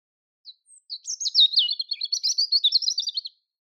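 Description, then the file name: European robin singing one sustained phrase of rapid, sparkling trilled notes after two thin opening tones. "Erithacus rubecula"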